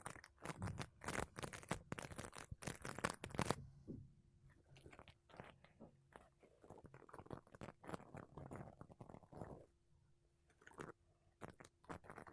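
Makeup brushes and a sponge sweep across a microphone in quick, dense strokes, loudest and brightest in the first three and a half seconds. After that the brushing turns softer and more scattered, with a steady low hum underneath and a brief pause near ten seconds before a few more strokes.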